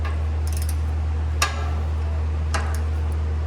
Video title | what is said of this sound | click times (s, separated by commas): How To Replace Jeep Wrangler JK Neutral Safety Switch / Range Sensor | inch pounds there's not a lot here clicking right there we're good | 1.4 s